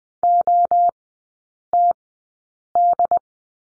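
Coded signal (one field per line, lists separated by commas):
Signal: Morse code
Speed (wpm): 20 wpm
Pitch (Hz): 700 Hz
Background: none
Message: OTD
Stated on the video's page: Morse code course lesson on the letter C in three-character groups, sent at Farnsworth speed 20/10 wpm.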